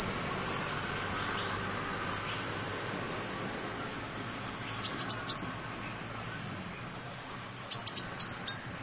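Yellow-rumped sunbird calls, high thin tinkling notes, faint at first then two brighter chittering bursts near five and eight seconds, over a low background hiss.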